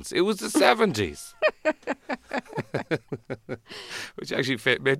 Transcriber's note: laughter